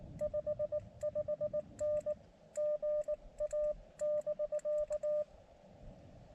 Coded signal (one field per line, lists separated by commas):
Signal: Morse code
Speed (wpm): 19 wpm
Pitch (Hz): 600 Hz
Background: none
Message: 55N GA <BK>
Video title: Elecraft KX2 POTA on 17m - migraines and hiking don’t mix